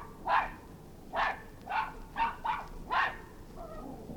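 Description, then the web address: Maltese terrier barking: six short, sharp barks at uneven intervals, then a softer final yap, over a faint background hiss. Two Maltese terriers barking in the distance, from a historical BBC sound effects collection. "BBC Historical. Maltese Terriers, twobarking in distance"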